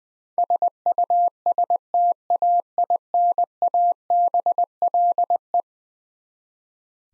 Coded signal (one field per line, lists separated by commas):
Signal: Morse code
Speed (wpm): 20 wpm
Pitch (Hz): 700 Hz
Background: none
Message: SUSTAINABLE